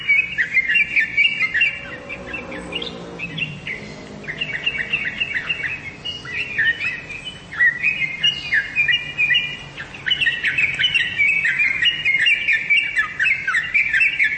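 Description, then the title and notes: Bird song, a stream of bright chirping and twittering notes, softer in a couple of spells, with a steady low rumble underneath throughout. "Bird Sound. Kicau Burung Lengkap"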